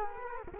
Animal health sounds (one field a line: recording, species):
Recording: mosquito wingbeat signal from an infrared sensor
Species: Culex quinquefasciatus